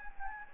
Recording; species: mosquito wingbeat signal from an infrared sensor; Anopheles gambiae